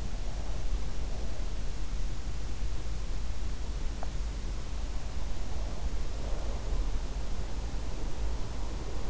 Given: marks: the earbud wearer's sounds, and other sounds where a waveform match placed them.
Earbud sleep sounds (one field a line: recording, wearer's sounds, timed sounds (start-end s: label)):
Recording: sounds in sleep by an in-ear microphone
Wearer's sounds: breath, teeth grinding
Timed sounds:
0.00-1.73 s: breath
3.84-4.22 s: teeth grinding
5.43-7.66 s: breath
6.94-9.10 s: sound from someone else or the room